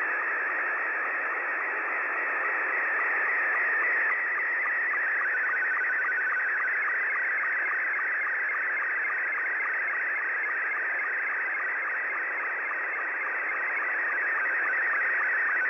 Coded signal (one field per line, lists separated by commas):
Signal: SSTV (slow-scan television)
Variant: Scottie 2